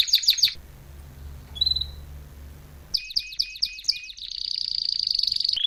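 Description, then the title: Canary with quick chirped phrases, a lone whistled note during a pause, then a run of sweeping notes flowing into a long, rapid buzzy trill. Male Belgian canary singing a lot; training recording meant to warm up young birds within 30 minutes. "Canary Training 17 Esquente Seu Filhote E Canario Belga Em 30 Minutos Macho Cantando Muito"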